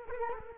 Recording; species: mosquito wingbeat signal from an infrared sensor; Culex quinquefasciatus